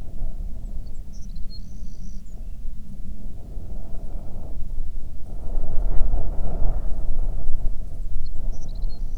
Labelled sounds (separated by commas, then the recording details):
songbird, wind
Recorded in the Prudhoe Bay oil fields, Alaska, on 9 June 2019 at 16:16
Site 21